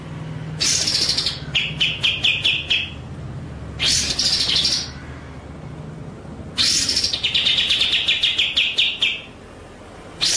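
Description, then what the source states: White-rumped shama song: loud rasping high bursts, two of them followed by a buzzy, stuttered trill, over a low background hum. Masteran (training) track of full song in the ngerol (rolling) and nembak (shooting) styles.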